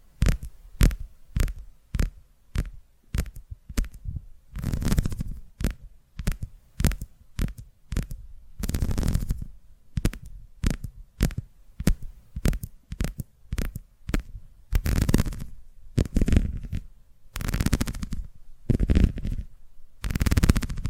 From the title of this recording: ASMR Tapping Through Your Brain